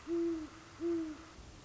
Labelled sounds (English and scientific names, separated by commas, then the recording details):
Great Horned Owl (Bubo virginianus)
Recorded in Sonoma County, California